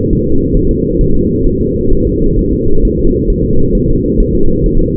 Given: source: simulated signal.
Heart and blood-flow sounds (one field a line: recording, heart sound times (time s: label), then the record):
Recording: fetal heart sounds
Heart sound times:
0.13 s: S1
0.27 s: S2
0.57 s: S1
0.71 s: S2
1.01 s: S1
1.16 s: S2
1.47 s: S1
1.61 s: S2
1.93 s: S1
2.07 s: S2
2.39 s: S1
2.53 s: S2
2.85 s: S1
2.99 s: S2
3.30 s: S1
3.44 s: S2
3.75 s: S1
3.89 s: S2
4.20 s: S1
4.34 s: S2
4.66 s: S1
4.81 s: S2
From the record:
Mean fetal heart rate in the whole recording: 130 bpm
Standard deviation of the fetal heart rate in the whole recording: 4 bpm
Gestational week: 38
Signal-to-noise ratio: -17.7 dB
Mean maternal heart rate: 72 bpm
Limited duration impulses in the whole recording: present